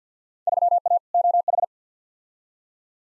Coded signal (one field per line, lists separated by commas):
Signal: Morse code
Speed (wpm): 50 wpm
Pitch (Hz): 700 Hz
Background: none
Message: 3A OH